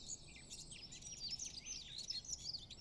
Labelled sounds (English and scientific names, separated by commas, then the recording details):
Eurasian Blackcap (Sylvia atricapilla)
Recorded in Germany
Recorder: ecoPi